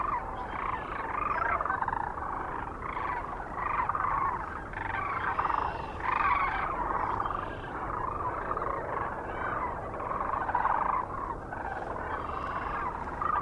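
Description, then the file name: Sandhill Cranes, a continuous flock chorus of rolling rattled calls, swelling and fading in waves. Recorded near Kearney, Nebraska, on 9 March 2004. "2004-03-09 SACRandmore B Kearney NE"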